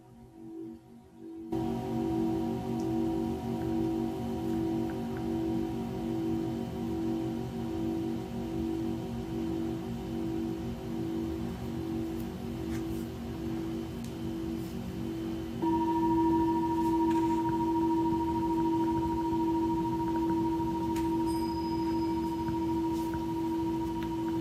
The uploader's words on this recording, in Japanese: シンギングボウルのサウンドヒーリング。チベタンシンギングボウル。